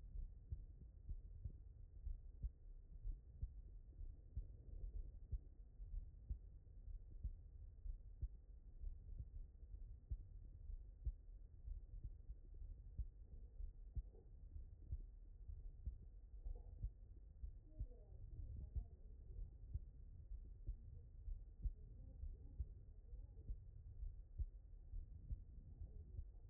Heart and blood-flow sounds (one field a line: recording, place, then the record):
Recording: heart sounds by stethoscope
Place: aortic valve (AV)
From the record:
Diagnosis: non-HFrEF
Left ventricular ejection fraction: 58%